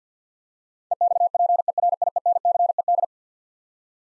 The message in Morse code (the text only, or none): EXPERIENCED